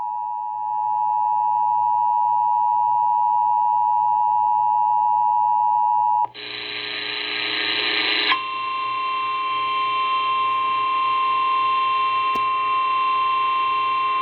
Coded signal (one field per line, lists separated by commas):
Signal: Emergency Alert System (SAME) tones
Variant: 853 and 960 Hz attention tone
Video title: North Carolina Statewide Tornado Drill (EAS #171 - #179)